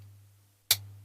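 A plastic V12 engine insert is pushed into the metal body of a Matchbox BMW 750iL diecast model car over a steady low hum. A single sharp, bright click sounds at 0.7 s and quickly dies away, and the engine is seated.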